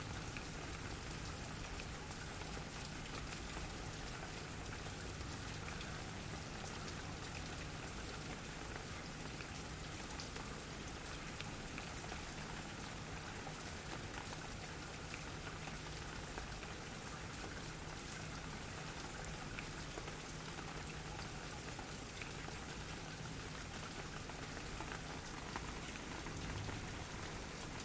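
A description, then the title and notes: Rain patters steadily on a metal drum, a dense, even spray of bright ticks and taps filling the whole stretch. The level holds constant throughout, with a faint low hum running underneath the pattering. Rain falling under a metal drum, recorded in Newcastle, England in 2015 by Tim Shaw.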